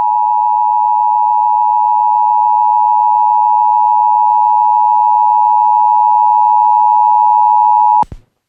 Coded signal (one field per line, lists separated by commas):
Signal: Emergency Alert System (SAME) tones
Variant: 853 and 960 Hz attention tone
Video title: WJON IP & KLTRADIO EMERGENCY ALERT SYSTEM COMPILATION!!